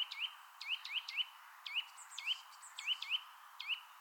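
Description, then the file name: Eurasian nuthatch giving clear rising call notes, singly and in quick pairs, with a brief faint high twitter from another bird midway. "Sitta europaea"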